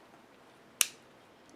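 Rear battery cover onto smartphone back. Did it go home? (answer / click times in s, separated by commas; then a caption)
yes / 0.8 s. A plastic Energizer inductive charging battery cover is pressed onto the back of a BlackBerry Curve 8900 smartphone. It gives one sharp snap at 0.8 s against a quiet background, and the cover clicks right into place.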